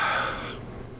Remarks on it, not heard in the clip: At the St. Petersburg Free Clinic. The 60-year-old needs refills for his diabetes and cholesterol medications. Pulls out the stethoscope. Let's listen to your lungs in the back, okay? Big breath in and out.